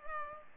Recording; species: mosquito wingbeat signal from an infrared sensor; Culex pipiens